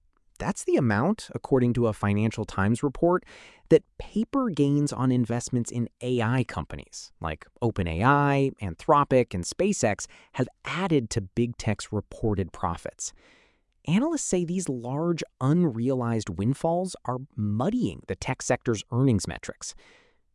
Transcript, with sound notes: That’s the amount, according to a Financial Times report, that paper gains on investments in AI companies like OpenAI, Anthropic, and SpaceX have added to Big Tech’s reported profits. [with emphasis] Analysts say these large, unrealized windfalls are muddying the tech sector’s earnings metrics.